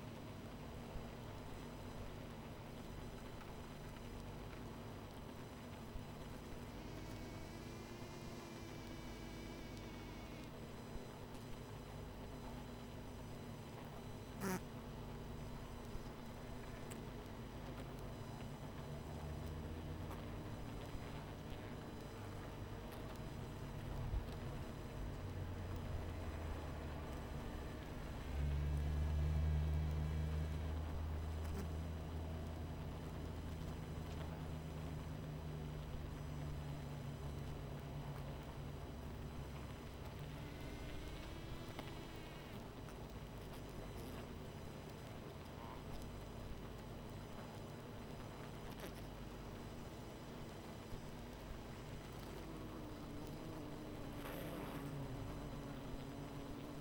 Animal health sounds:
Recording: honeybee colony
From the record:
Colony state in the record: missing queen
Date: 14 July 2017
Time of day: 22:32

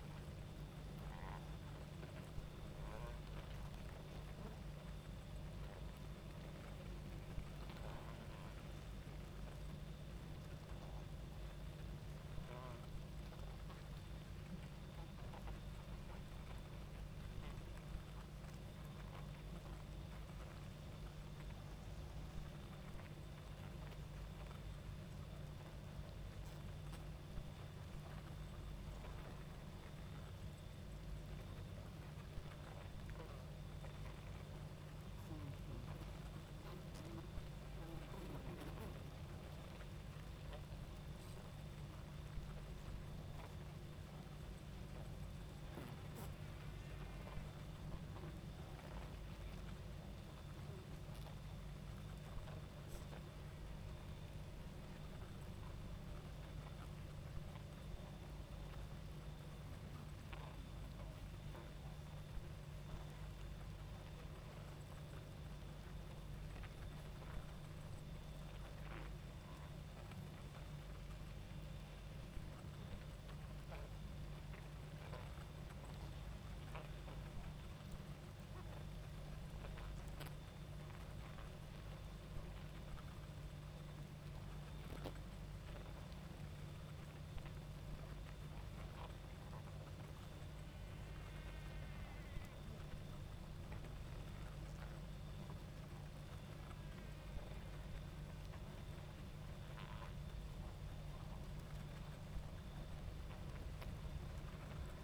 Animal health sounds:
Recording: honeybee colony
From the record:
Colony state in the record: active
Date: 28 July 2017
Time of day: 22:41

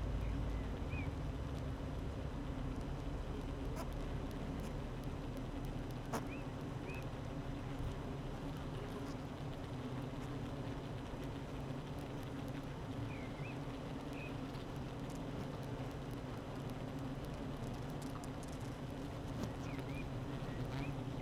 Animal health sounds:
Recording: honeybee colony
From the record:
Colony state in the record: active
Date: 12 June 2018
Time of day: 8:27

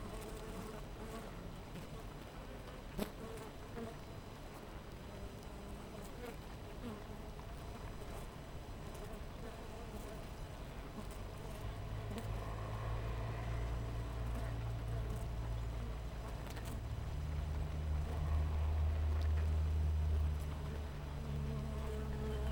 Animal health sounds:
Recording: honeybee colony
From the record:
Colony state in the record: missing queen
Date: 14 July 2017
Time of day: 6:47

